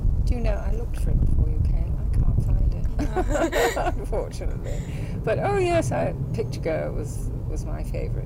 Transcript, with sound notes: Do you know, I looked for it before you came but I can't find it. [laughs]
Ah. [laughs]
Unfortunately. But, oh yes! 'Picturegoer' was my favourite.